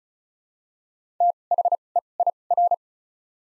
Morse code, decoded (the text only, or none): THEIR